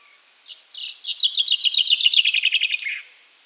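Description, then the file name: Common chaffinch singing one full phrase, starting with a couple of thin notes, then a rapid trill of descending chirps closing in a brief terminal flourish. "Fringilla coelebs"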